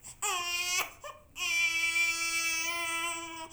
Baby Cry.